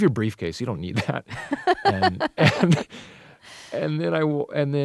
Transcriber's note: soundbite of laughter